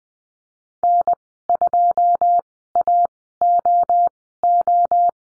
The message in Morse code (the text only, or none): N2AOO